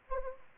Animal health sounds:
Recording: mosquito wingbeat signal from an infrared sensor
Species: Anopheles arabiensis

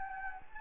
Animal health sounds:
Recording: mosquito wingbeat signal from an infrared sensor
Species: Anopheles gambiae

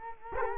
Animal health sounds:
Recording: mosquito wingbeat signal from an infrared sensor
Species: Culex quinquefasciatus

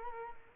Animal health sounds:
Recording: mosquito wingbeat signal from an infrared sensor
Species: Culex quinquefasciatus

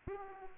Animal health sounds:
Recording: mosquito wingbeat signal from an infrared sensor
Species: Aedes aegypti

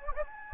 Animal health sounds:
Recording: mosquito wingbeat signal from an infrared sensor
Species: Anopheles gambiae

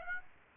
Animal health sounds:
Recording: mosquito wingbeat signal from an infrared sensor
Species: Aedes aegypti

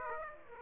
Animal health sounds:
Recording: mosquito wingbeat signal from an infrared sensor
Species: Aedes aegypti

